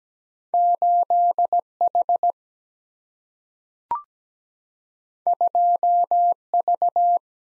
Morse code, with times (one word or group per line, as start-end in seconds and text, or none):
0.5-1.6 8
1.8-2.3 H
5.3-6.3 2
6.5-7.2 V